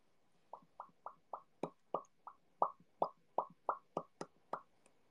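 Stomach growling (borborygmi) from the abdomen of a hungry adult woman who had barely eaten the day before.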